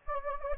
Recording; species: mosquito wingbeat signal from an infrared sensor; Anopheles gambiae